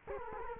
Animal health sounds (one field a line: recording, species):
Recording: mosquito wingbeat signal from an infrared sensor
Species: Culex quinquefasciatus